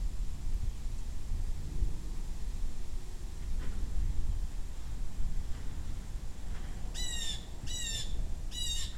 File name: Bluejay